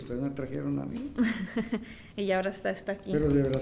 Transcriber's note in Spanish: risas